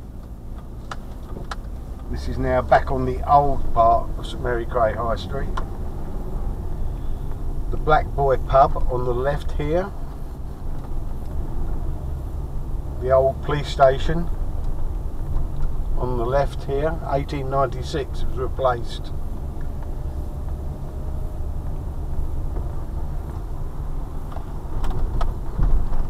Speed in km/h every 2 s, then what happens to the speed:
10, 11, 11, 11, 11, 13, 18, 16, 16, 16, 16, 16, 13.
0-26 steady at about 13.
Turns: none.